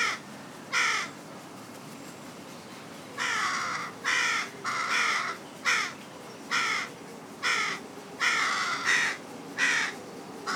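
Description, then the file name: Carrion crow cawing, hoarse rasping calls at uneven intervals, some longer drawn-out caws mixed with shorter ones. "Corvus corone"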